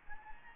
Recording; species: mosquito wingbeat signal from an infrared sensor; Anopheles gambiae